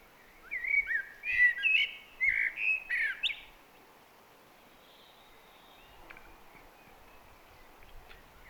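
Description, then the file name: Common blackbird gives one rich, throaty fluted phrase over about three seconds, then falls quiet, leaving only soft background hiss. "Turdus merula"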